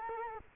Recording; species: mosquito wingbeat signal from an infrared sensor; Culex quinquefasciatus